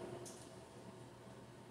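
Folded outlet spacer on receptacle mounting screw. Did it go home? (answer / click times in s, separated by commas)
no / none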